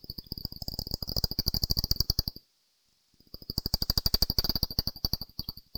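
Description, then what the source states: Brown long-eared bat echolocation rendered as a rapid train of dry ticking pulses over a steady high whine, pausing for about a second midway, then resuming. Brown long-eared bat in Valley Gardens, Harrogate.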